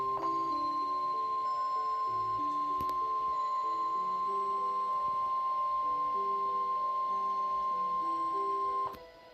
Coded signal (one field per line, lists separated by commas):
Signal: Emergency Alert System (SAME) tones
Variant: 1050 Hz attention tone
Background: music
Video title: My first Required weekly test!! RWT from KIG86 and WWG57 (EAS #9 and 10)